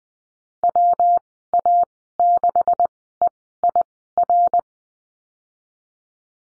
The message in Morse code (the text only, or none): WA6EIR